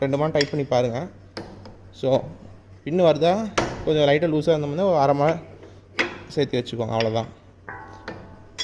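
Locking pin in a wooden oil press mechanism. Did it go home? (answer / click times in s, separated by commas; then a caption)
yes / 7.7 s. The locking pin of a wooden oil press (marachekku) is set after the press has been tightened with a spanner, and it locks into place. Someone talks through most of the clip. A sharp metallic clink at 7.7 s marks the pin fully seating and locking so it will not come out.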